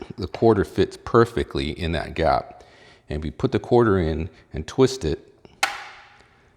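Someone talks while sliding a quarter into the gap between the case and the face plate of a Commodore SX-64 portable computer and twisting it. At 5.6 s a sharp plastic click rings out as the plastic face plate clip pops open, and the face plate is released.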